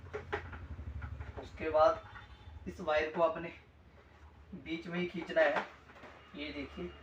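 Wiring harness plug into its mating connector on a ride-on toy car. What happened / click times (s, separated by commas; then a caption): Handled, not yet home: wire connector locks together / none. A wiring harness plug is handled near its mating connector while a kids' ride-on jeep (2188 Jeep) is being assembled. Someone talks throughout over a low steady hum, with a faint sudden sound at 1.0 s. Nothing has seated or clicked yet.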